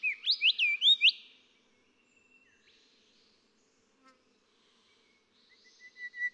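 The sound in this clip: Golden whistler song: a rapid burst of loud slurred whistles, then quiet with soft faint notes, then a new series of whistled notes builds at the end.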